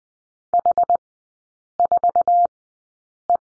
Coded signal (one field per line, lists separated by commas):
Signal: Morse code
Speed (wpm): 20 wpm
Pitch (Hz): 700 Hz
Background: none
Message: H4E